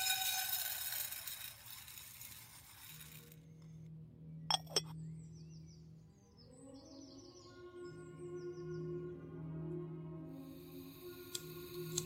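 Kitchen sounds with oldies music playing: low, steady musical notes hum underneath and shift pitch midway. A bright hissing sizzle fills the first three seconds and returns near the end, with two sharp glassy clinks around four and a half seconds and faint high chirps after.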